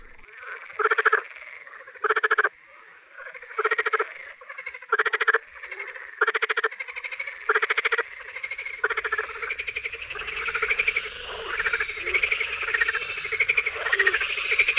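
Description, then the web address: Marsh frog calls, repeated loud rattling croak bursts roughly every one to one and a half seconds, building into a denser chorus with a low rumble in the background. "Tajemnice puszczy Zaba smieszka"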